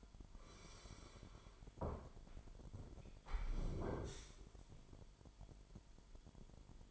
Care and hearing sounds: daily activity, microphone in the room; sit down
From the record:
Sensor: 5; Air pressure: 998.6 hPa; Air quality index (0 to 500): 85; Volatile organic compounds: 1 ppm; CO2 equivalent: 970 ppm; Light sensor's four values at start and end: 39/94/39/43 and 39/94/39/43

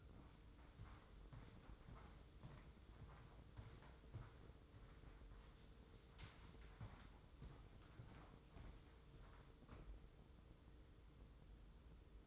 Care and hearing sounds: daily activity, microphone in the room; walk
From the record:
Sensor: 3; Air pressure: 995.9 hPa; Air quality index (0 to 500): 248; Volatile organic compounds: 1000 ppm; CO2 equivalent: 6366 ppm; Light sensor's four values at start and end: 42/103/45/49 and 42/103/45/49

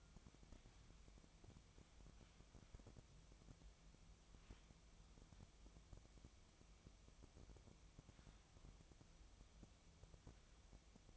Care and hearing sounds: daily activity, microphone in the room; wipe stove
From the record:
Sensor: 1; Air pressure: 1004.8 hPa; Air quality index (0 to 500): 77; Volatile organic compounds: 2 ppm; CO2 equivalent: 1033 ppm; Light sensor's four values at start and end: 9/23/9/10 and 9/23/9/10

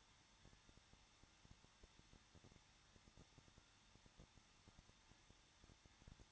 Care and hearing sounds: daily activity, microphone in the room; no activity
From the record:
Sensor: 3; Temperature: 21.2 degrees Celsius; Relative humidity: 36.4%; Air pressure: 1006.3 hPa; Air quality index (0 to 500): 223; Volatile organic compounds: 43 ppm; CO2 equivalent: 3200 ppm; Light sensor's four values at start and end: 2/3/2/2 and 2/3/2/2

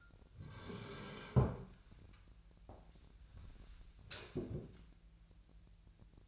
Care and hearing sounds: daily activity, microphone in the room; sit down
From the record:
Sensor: 2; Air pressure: 1001.4 hPa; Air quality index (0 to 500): 242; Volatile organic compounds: 76 ppm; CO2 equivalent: 3570 ppm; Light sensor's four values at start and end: 9/20/8/9 and 11/27/11/12

